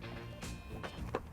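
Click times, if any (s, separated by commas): 1.1 s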